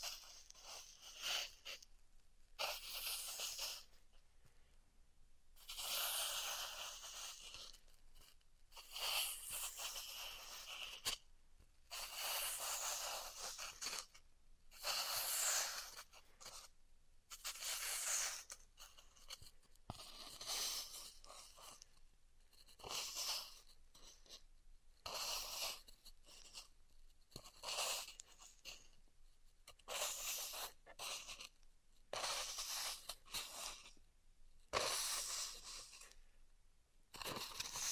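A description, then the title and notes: A hot wire cuts through styrofoam in repeated bursts of bright, hissing, scratchy noise, each lasting from a fraction of a second to a few seconds. Short silent gaps separate the passes, which come irregularly and keep going through the whole stretch. ASMR Styrofoam Heat Cutting (No Talking).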